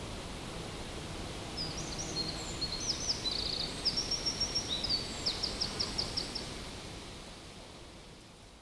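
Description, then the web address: Eurasian wren song, a high cascade of quick twittering notes and trills running about five seconds, closing with an evenly spaced rattle, against constant background noise. Recorded 21 July 2009. "linnut peukaloinen 090721"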